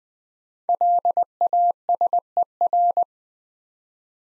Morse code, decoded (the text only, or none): LASER